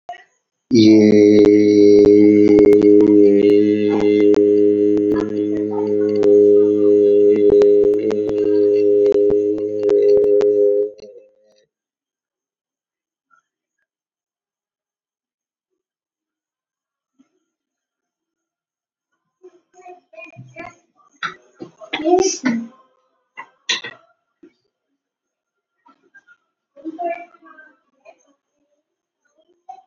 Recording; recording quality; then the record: sustained vowel as in made; moderate, slight background noise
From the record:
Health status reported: COVID-19 positive, no symptoms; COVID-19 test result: positive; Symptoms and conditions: hypertension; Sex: male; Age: 42 years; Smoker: not ticked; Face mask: not worn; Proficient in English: yes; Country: India